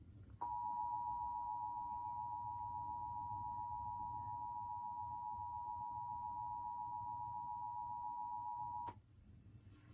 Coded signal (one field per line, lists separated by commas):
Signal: Emergency Alert System (SAME) tones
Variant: 853 and 960 Hz attention tone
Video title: EAS #1796 Indiana Monthly Test on WYIN